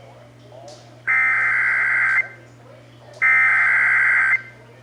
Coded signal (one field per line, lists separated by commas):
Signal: Emergency Alert System (SAME) tones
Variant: header bursts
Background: speech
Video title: (EAS #254) Severe Thunderstorm Warning (WBAP-AM)